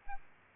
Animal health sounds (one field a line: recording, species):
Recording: mosquito wingbeat signal from an infrared sensor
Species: Aedes albopictus